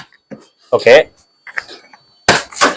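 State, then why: Seated. Someone talks while the number lock latch on a hard-shell trolley suitcase is pressed down to lock it. A sharp, loud click is heard at 2.3 s, followed by a brief rustling burst. The latch clicks shut and the bag is locked.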